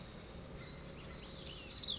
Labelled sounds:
Brown Creeper
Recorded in Sonoma County, California

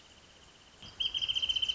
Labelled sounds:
Wrentit
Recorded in Sonoma County, California

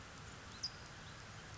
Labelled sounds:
California Towhee
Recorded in Sonoma County, California

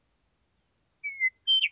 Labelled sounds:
Western Meadowlark
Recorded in Sonoma County, California

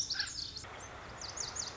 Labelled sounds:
Lazuli Bunting
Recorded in Sonoma County, California

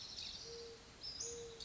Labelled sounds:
Mourning Dove
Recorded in Sonoma County, California

